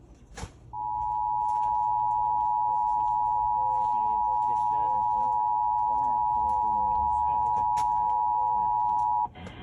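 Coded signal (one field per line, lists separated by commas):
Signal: Emergency Alert System (SAME) tones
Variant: 853 and 960 Hz attention tone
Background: speech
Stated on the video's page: Sacramento/Sierra Required Monthly Test received on several AM and FM broadcast stations in Merced County.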